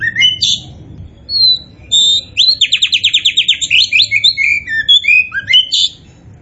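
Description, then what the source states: Oriental magpie-robin singing whistled slurs, then a fast pulsing trill and more varied chirps. Kacer poci type of Oriental magpie-robin, singing in gacor style (vigorous, continuous song).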